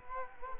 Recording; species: mosquito wingbeat signal from an infrared sensor; Culex quinquefasciatus